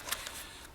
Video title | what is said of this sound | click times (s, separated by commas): Marine Infantry Gear - Iraq War (2004) 1st Bn, 4th Marines | this comes over tops and locks in place | 0.1 s